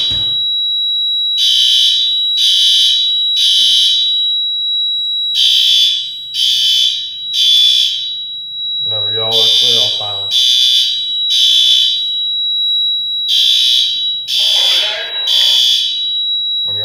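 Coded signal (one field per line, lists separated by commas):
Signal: alarm pattern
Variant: Gamewell-FCI fire alarm bells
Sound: fire alarm bells ring three times, pause, repeating in three groups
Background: people talking, steady whine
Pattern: temporal three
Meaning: Temporal-three evacuation signal: fire alarm, evacuate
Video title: Fire Alarm Bell Test #36 (Gamewell-FCI 7075)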